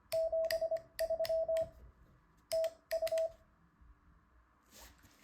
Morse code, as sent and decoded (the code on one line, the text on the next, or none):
--... ...-- / - ..-
73 TU